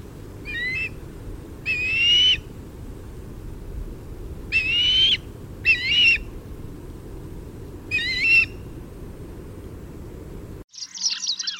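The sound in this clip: Osprey giving several loud, harsh whistled squeals with wavering pitch, spaced irregularly over a steady background hiss, with a brief different noise at the end.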